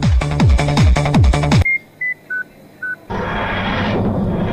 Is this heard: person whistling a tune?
no